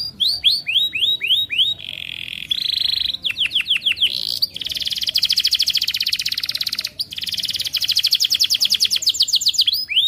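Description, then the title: Atlantic canary song with a series of falling whistles, a brief low trill, then extended fast buzzy trills running almost unbroken. Energetic, persistently singing canary ('gacor') with the best 'cengkok' song phrasing and the richest 'isian' song content. "Kenari Gacor Cengkok Terbaik Isian Paling Mewah Kenarigacor Kicaumania Kenari"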